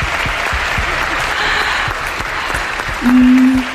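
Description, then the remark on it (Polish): A crowd claps steadily in dense, sustained applause for a young performer's mother in the audience, a bright wash of many hands, with a low steady hum rising near the end. “Brawa dla mamy.”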